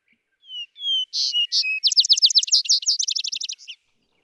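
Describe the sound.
Vesper sparrow singing: a pair of soft, low whistles, two brighter higher notes, then a long rapid trill of sweet, slurred notes that speeds up before fading.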